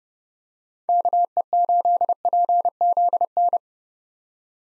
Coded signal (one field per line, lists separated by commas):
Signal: Morse code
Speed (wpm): 30 wpm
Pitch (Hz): 700 Hz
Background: none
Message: KE8PZN